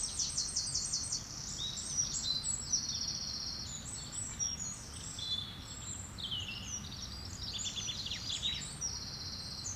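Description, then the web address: Birds singing continuously, very high rapid trills and twittering phrases overlapping, over a faint low background hum. Woodland setting. "Effects 02-Birds, Insects Animals. Birds woodland"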